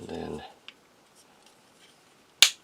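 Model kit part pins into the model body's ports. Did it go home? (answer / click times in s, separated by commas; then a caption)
yes / 2.4 s. Someone talks briefly while the pins on a model kit part are pressed into their matching ports on the model body. After a few faint taps, the part snaps home at 2.4 s with a sharp, loud click, seated in place.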